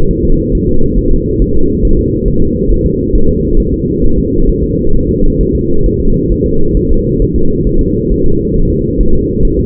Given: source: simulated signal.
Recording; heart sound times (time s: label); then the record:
fetal heart sounds
0.11 s: S1
0.25 s: S2
0.55 s: S1
0.69 s: S2
0.98 s: S1
1.13 s: S2
1.42 s: S1
1.56 s: S2
1.85 s: S1
1.99 s: S2
2.28 s: S1
2.42 s: S2
2.72 s: S1
2.86 s: S2
3.15 s: S1
3.29 s: S2
3.60 s: S1
3.74 s: S2
4.04 s: S1
4.18 s: S2
4.50 s: S1
4.63 s: S2
4.95 s: S1
5.09 s: S2
5.41 s: S1
5.55 s: S2
5.86 s: S1
6.00 s: S2
6.32 s: S1
6.46 s: S2
6.77 s: S1
6.91 s: S2
7.22 s: S1
7.36 s: S2
7.67 s: S1
7.81 s: S2
8.11 s: S1
8.26 s: S2
8.56 s: S1
8.70 s: S2
9.00 s: S1
9.15 s: S2
9.45 s: S1
9.59 s: S2
From the record:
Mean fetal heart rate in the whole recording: 135 bpm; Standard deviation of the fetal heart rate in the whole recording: 3 bpm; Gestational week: 36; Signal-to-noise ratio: -19.1 dB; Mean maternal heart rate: 72 bpm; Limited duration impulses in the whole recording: present